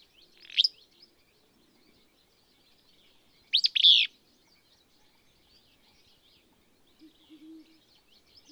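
Willow Flycatcher gives a short sharp note, then a buzzy, sneezy phrase, with a few soft low sounds and faint high notes near the end.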